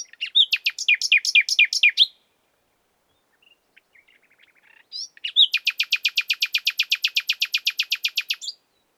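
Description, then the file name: Common nightingale delivering two long, fast trills of evenly repeated loud notes, separated by a quiet gap with faint ticking. "Luscinia megarhynchos"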